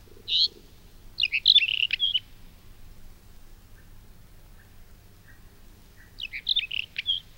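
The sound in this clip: Mourning wheatear delivering a single high note, then a fast jumbled phrase of sharp chirps, with a few faint soft notes in between before another scratchy burst near the end.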